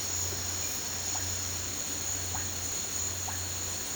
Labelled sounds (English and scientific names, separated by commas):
none